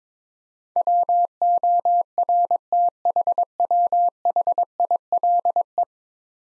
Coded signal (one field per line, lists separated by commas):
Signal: Morse code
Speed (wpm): 22 wpm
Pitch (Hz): 700 Hz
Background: none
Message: WORTHWHILE